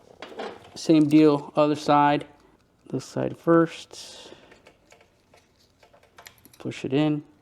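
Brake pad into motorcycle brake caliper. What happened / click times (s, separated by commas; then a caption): Part handled, not yet seated; no seating snap heard / none. Someone talks while handling a motorcycle brake pad, pushing it into the brake caliper, where a small spring holds it. Faint taps and handling noises fall between the speech. The clip ends before the pad goes home, and nothing has snapped or seated yet.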